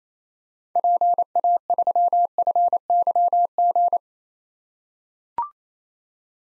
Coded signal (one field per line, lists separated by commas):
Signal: Morse code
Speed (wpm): 28 wpm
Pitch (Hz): 700 Hz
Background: none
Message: PA3FYG